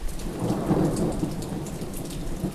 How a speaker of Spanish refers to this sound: Las pequeñas gotas de lluvia que caían estrepitosamente se adherían a esa mata de pelo negro azabache como una finísima capa de cristales.